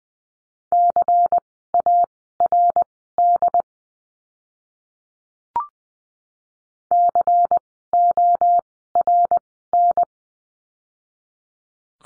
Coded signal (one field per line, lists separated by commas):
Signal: Morse code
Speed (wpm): 20 wpm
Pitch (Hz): 700 Hz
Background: none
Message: CARD CORN